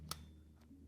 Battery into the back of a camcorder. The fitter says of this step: slide it in just like that then you press down until you hear the click and